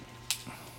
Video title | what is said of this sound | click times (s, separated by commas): DJI Mavic Mini demonstration | hear that little click that's how you know you did it correctly | 0.3 s